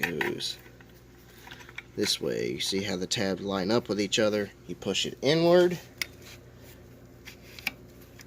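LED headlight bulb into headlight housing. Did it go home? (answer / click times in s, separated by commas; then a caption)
yes / 7.7 s. A 9006 Auxito LED headlight bulb for a 1987 Chevy Celebrity Eurosport is aligned by its tabs, pushed inward and turned into the headlight housing while someone talks. A sharp click at 7.7 s, with faint handling ticks around it, marks the bulb locking into place.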